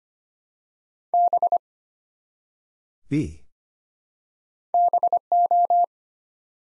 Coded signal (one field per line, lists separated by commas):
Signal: Morse code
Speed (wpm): 25 wpm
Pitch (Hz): 700 Hz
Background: none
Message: B BO